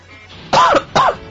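An adult man with a cold and sore throat coughs twice in quick succession while hosting a radio show.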